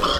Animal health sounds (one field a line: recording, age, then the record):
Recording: pig call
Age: piglet (1 to 25 days)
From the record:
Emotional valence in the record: positive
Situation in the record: reunion after long isolation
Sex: female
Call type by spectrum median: low-frequency call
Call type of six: high-frequency stable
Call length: 0.20 s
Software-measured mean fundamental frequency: 129 Hz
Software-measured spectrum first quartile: 818 Hz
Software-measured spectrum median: 1471 Hz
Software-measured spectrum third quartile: 3601 Hz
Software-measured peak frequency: 1250 Hz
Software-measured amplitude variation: 117 dB a second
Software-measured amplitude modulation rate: 17.2 a second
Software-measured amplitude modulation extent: 6.8 dB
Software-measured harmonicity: 0.9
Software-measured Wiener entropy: -1.78